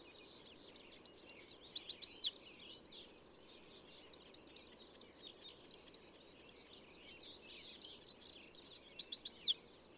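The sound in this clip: Bird song: high rapid chip series, a pause, then a long string of evenly spaced sharp notes ending in a loud burst of slurred chips.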